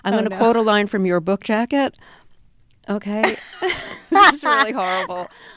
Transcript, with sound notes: I'm going to quote a line from your book jacket, OK? (LAUGHTER) This is really horrible.